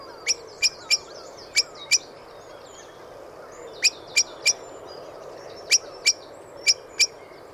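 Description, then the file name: Eurasian blackbird calls: sharp, high clicking notes given in quick pairs and triplets with gaps between bursts, over faint twittering of other birds. "Turdus merula"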